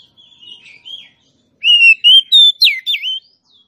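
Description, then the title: Oriental magpie-robin song: quiet warbled notes, a pause, then a run of loud, pure whistles sliding and dipping in pitch. Female song used to lure a male that has stopped singing into singing and fighting. "Suara kacer betinamemancing kacer jantan yg macet bunyi"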